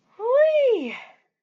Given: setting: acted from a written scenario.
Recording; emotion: vocal sound without words; relief